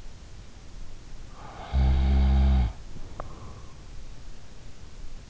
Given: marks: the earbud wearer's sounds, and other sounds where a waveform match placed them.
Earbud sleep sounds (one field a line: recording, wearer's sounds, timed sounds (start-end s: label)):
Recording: sounds in sleep by an in-ear microphone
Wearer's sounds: snoring breath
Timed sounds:
1.34-4.08 s: snoring breath